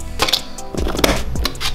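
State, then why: Seated. A DDR4 2400 MHz memory stick is slid in on one side and pushed down firmly into a motherboard DIMM slot, with music playing underneath. Two sharp clicks from the slot's side latches are heard at 1.0 s and 1.5 s, and the stick is seated.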